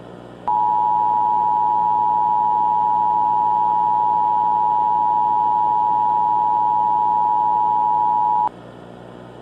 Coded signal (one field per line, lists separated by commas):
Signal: Emergency Alert System (SAME) tones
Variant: 853 and 960 Hz attention tone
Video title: EAS Doomsday Scenario - Majora's Mask (Remastered)